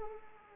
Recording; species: mosquito wingbeat signal from an infrared sensor; Anopheles arabiensis